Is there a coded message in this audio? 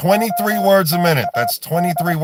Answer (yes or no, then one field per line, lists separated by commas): yes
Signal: Morse code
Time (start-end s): 0.1-2.1 s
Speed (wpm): 23 wpm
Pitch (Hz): 700 Hz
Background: speech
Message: OTA D